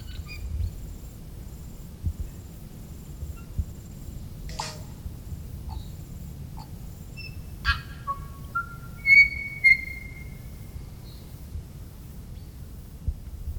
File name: tui song